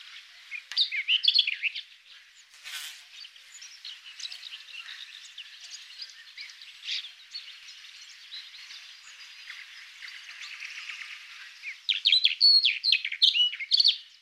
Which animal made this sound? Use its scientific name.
Sylvia nisoria